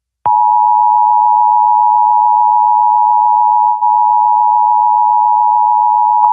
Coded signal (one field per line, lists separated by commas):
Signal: Emergency Alert System (SAME) tones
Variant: 853 and 960 Hz attention tone